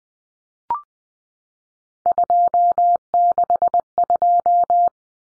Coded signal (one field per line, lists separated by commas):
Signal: Morse code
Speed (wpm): 20 wpm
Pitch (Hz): 700 Hz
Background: none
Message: 262